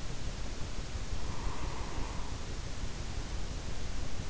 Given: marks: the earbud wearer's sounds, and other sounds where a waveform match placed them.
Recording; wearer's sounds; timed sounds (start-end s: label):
sounds in sleep by an in-ear microphone; breath
1.17-3.69 s: breath